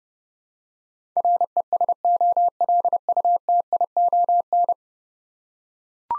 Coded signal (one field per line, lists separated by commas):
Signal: Morse code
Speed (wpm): 30 wpm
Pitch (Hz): 700 Hz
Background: none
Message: RESOLUTION